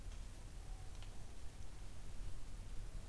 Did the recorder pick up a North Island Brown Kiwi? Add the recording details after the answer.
no. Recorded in New Zealand on 24 November 2013. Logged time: 03:42. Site CF70